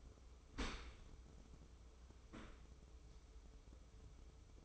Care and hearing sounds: daily activity, microphone in the room; open dishwasher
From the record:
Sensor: 1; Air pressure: 995.8 hPa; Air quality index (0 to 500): 58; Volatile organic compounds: 2 ppm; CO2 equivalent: 1118 ppm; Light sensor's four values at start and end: 32/110/42/44 and 32/110/42/44

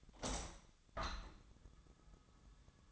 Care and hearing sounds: daily activity, microphone in the room; open window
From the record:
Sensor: 3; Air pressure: 1004.6 hPa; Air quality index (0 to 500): 95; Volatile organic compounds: 3 ppm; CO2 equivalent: 1472 ppm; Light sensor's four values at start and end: 7/16/6/6 and 7/16/6/6

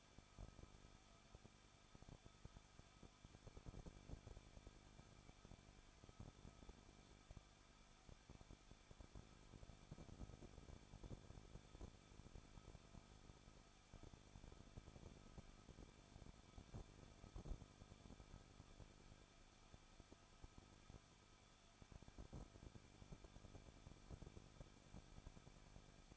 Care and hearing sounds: daily activity, microphone in the room; no activity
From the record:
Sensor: 5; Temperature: 20.7 degrees Celsius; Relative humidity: 38.3%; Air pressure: 1006.6 hPa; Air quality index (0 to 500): 186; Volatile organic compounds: 17 ppm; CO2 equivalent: 2597 ppm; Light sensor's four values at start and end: 2/3/1/1 and 2/3/1/1

